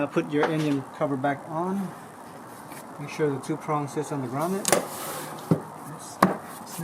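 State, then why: Seated. A plastic engine cover on a 2004–2016 Nissan Armada is pressed down so its two-prong mount seats in the rubber grommet, with someone talking through most of the clip. Softer knocks and rubbing lead up to a sharp snap at 6.2 s as the cover seats in place.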